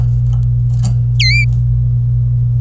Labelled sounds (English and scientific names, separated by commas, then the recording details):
Domestic Canary (Serinus canaria) song
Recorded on 26 April 2018 at 11:28
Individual llb3